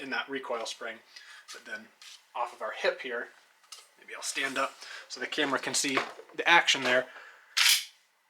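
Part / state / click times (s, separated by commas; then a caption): bolt latch in a shotgun receiver / not seated / none. Someone talks while handling a Winchester 1911 self-loading shotgun, about to brace it off the hip and pull the barrel back against its stiff recoil spring until the bolt latch in the receiver catches and holds the bolt back. The bolt latch has not clicked or engaged yet in this clip.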